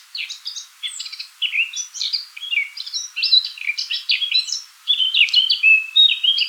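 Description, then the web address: Eurasian blackcap warbling continuously in a fast, varied stream of high chirps and whistled twitters with barely any pause, against a quiet background. "sylvia atricapilla call"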